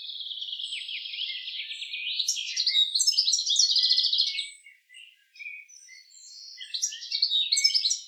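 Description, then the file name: European Goldfinch song, a continuous stream of quick, high, jangling twitters and trills, a short pause, then further bright chattering phrases. "Carduelis carduelis"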